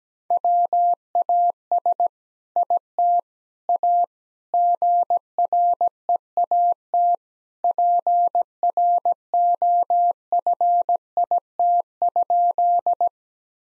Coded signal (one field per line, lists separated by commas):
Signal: Morse code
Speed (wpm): 17 wpm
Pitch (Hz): 700 Hz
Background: none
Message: WAS IT A GREAT PROFIT?